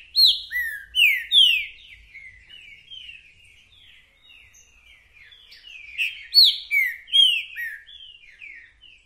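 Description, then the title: Green-winged saltator song: loud whistled phrases of arching, descending notes, then a run of softer chattering notes and a second strong phrase. Calling, singing and acting male ('macheando') in a territorial dispute; a repeater giving one song after another; 'mercenário' song type; meant to warm up the listener's own trinca-ferro. "Esse É PERFEITO Para ESQUENTAR Seu TRINCA Piando, Cantando E Macheando Na DISPUTA. TRINCA FERRO REPETIDOR !! UM CANTO ATRÁS DO OUTRO!!! TRINCA FERRO MERCENARIO!"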